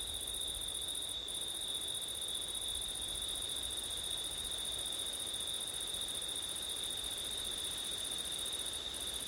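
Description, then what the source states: Cricket: steady high trill in two layers, the upper one breaking off briefly twice, over a faint noise floor. Crickets singing on a September night, with wind.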